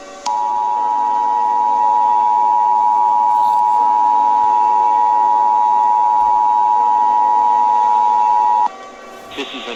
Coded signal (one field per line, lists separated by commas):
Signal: Emergency Alert System (SAME) tones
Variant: 853 and 960 Hz attention tone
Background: speech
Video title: EAS Scenario: Gacha Heat Wave Supernova